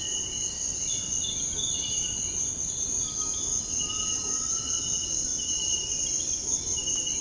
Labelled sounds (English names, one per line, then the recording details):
Bright-rumped Attila
Undulated Tinamou
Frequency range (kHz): Undulated Tinamou 0.7-1.9 kHz
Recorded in secondary vegetation near Puerto Asís, Putumayo, Colombia, on 20 February 2024 at 06:30
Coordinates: 0.468, -76.324
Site G6381